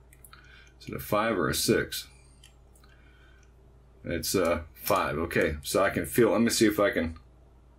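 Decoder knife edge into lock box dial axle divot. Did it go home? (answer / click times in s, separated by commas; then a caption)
no / none. A thin metal decoding knife is swept along the dial axle of a ShurLok SL-200W combination key lock box while the first wheel is turned, giving a few faint ticks near 0.1–0.3 s and 2.4–2.8 s as someone talks. The knife edge has not yet dropped into the axle's divot, and nothing has clicked or seated yet.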